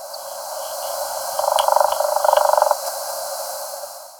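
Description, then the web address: Andean flicker delivering a quick run of clipped, evenly repeated notes for just over a second, set against constant hissing noise. Recorded in Ecuador. "Birds of Ecuador. Andean Flicker"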